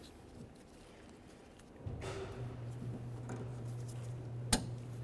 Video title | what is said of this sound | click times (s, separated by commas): How to Replace Power Window Motor & Regulator Assemblies 1998-2011 Ford Ranger | press it in listen for a click | 4.5 s